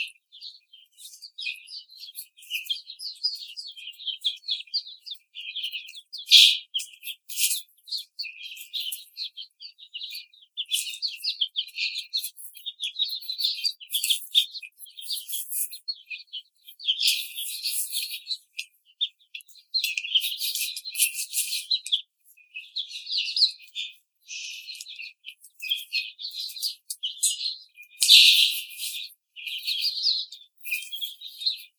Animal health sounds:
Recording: young laying hens in a cage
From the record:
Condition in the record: treatment cage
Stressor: simulated dog barking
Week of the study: 5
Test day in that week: 1

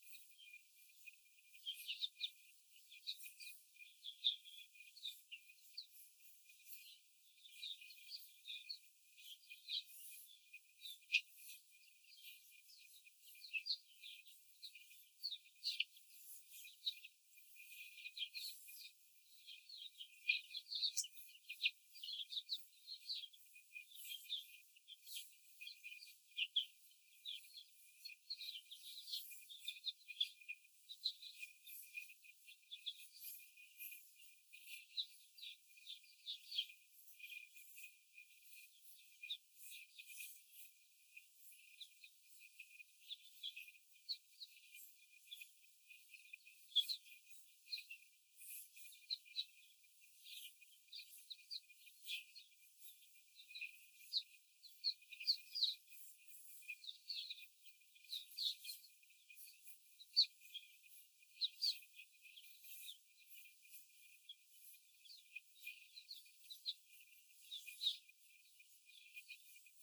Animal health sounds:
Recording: young laying hens in a cage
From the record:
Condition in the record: after the stressor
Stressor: simulated dog barking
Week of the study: 4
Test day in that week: 1

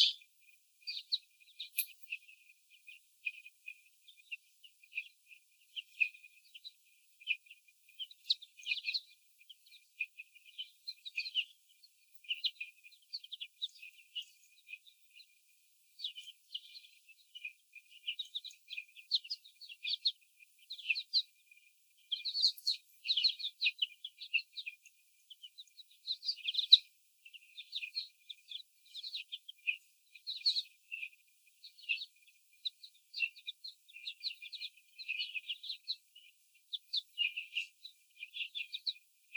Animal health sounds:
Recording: young laying hens in a cage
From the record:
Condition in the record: before the stressor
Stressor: sudden umbrella opening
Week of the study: 3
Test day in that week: 2

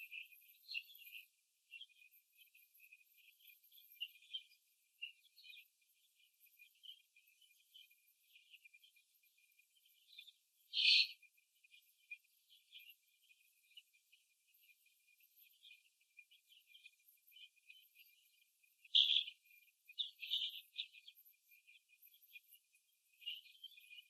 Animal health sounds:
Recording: young laying hens in a cage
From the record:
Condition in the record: before the stressor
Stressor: simulated dog barking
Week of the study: 2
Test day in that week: 3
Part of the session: 4

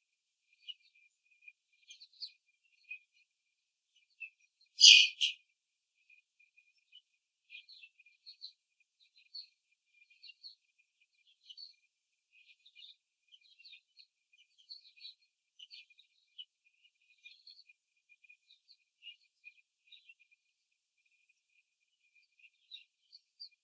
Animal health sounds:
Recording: young laying hens in a cage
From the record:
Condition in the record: before the stressor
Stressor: simulated dog barking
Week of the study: 3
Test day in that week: 2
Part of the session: 2

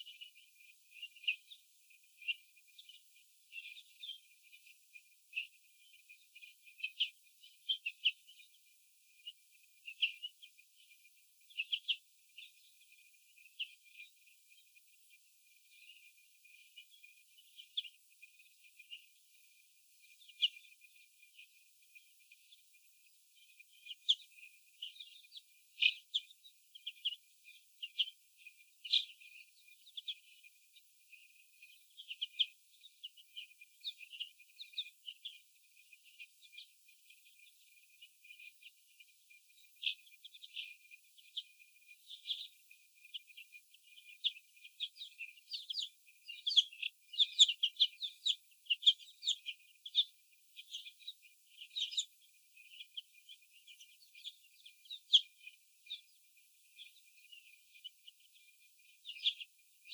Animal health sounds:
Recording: young laying hens in a cage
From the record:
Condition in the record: after the stressor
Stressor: sudden umbrella opening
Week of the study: 2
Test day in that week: 1

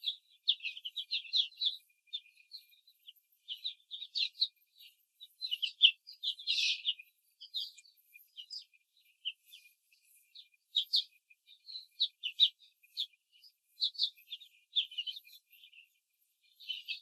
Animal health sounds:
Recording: young laying hens in a cage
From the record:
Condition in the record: control cage, before the stress test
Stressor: none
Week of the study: 4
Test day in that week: 1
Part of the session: 3

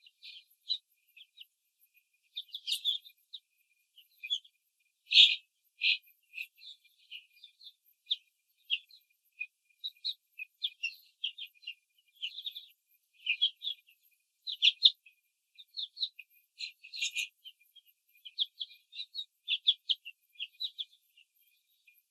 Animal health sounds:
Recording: young laying hens in a cage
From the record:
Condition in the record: control cage, after the stress test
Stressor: none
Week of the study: 4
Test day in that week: 3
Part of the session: 3

